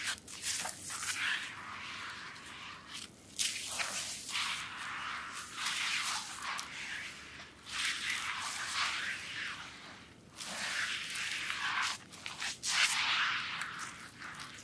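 Wet soap massage sounds: soft lathered rubbing and swishing strokes that come in uneven bursts every second or so, bright and hissy with little low end. Brief pauses break the rhythm near four and ten seconds before the slippery rubbing resumes.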